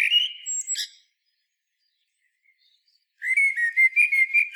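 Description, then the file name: Common blackbird singing a short fluty phrase that ends in a squeaky twitter, then silence, then a longer warbling phrase with high twittered notes. "Turdus merula"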